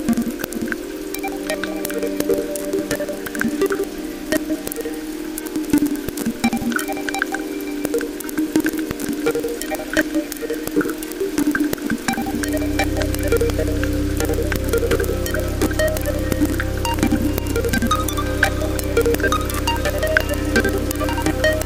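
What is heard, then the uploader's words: Rain falls as a dense patter of drips and taps, with a steady low rumble joining in around twelve seconds and continuing. A track inspired by Melissa Harrison's book RAIN, made using field recordings of English rainfall.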